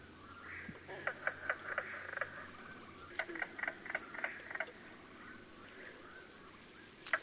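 Mink frog calling in two quick runs of hard, knocking clucks, then a single cluck at the end, over a steady high drone.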